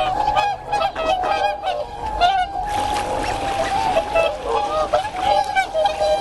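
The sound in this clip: Whooper swans honking in a chorus of overlapping bugled notes, with a brief burst of splashing or rushing noise midway before the calling continues.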